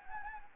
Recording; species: mosquito wingbeat signal from an infrared sensor; Anopheles gambiae